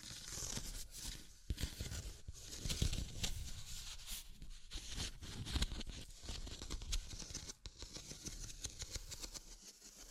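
Tapping and scratching go on without a break, a dense, rough texture with sharp clicks scattered irregularly, clustering around the second, fifth and eighth seconds. Scraping strokes rise and fall in loudness. A low rumble sits underneath throughout, with a brief dip near eight seconds.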